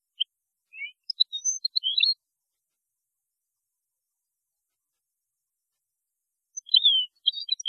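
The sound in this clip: European goldfinch song in two bursts of sweet, slurred twittering notes, one at the start and one near the end, separated by silence.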